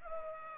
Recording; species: mosquito wingbeat signal from an infrared sensor; Culex pipiens